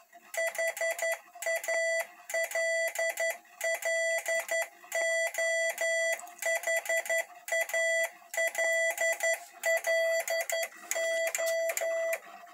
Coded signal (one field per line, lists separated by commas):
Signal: Morse code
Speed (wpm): 11 wpm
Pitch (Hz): 660 Hz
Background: none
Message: HALLO HALLO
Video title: Hell Morsegeber